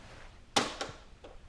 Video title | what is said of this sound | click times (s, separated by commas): ENVELLA Air-Fluidized Therapy Bed In-Service Video | you'll hear a click | 0.6 s